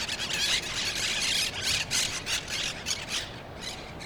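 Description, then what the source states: Monk parakeet squawking: a dense, overlapping chorus of harsh, scratchy calls from several birds, continuing without pause. Parrots in Brooklyn.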